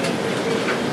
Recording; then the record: background sound without coughing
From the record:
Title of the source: Office Sounds Ambience - Background Noise for Study and Work